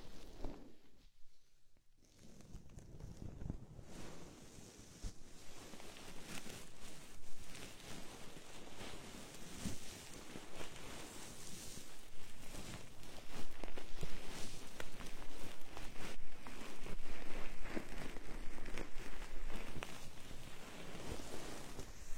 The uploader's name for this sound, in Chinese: 带着蕾丝手套，按摩你的小耳朵